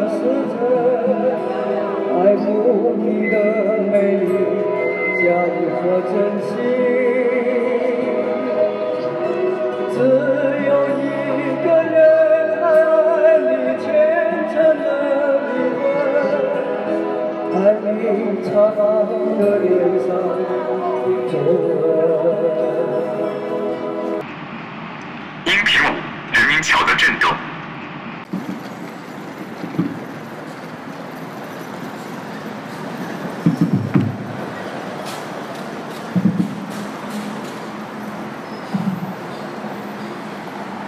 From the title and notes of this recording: Portable KTV under the renmin bridge（人声/广州/2016晚）.